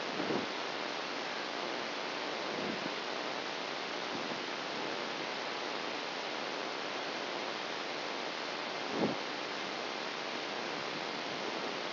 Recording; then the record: brain microelectrode recording played as sound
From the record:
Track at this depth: outside the subthalamic nucleus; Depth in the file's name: 5.898 mm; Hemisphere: left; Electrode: 3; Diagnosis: Parkinson's disease